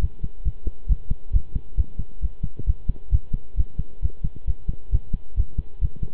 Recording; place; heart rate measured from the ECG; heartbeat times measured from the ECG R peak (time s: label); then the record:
heart sounds by stethoscope; between the tricuspid and mitral areas; 134 bpm
0.01 s: heartbeat
0.44 s: heartbeat
0.88 s: heartbeat
1.33 s: heartbeat
1.77 s: heartbeat
2.22 s: heartbeat
2.66 s: heartbeat
3.12 s: heartbeat
3.57 s: heartbeat
4.02 s: heartbeat
4.47 s: heartbeat
4.92 s: heartbeat
5.37 s: heartbeat
5.81 s: heartbeat
From the record:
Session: pedaling a stationary bicycle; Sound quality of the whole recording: good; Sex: male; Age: 23 years